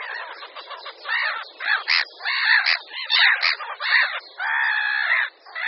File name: Racek-chechtavý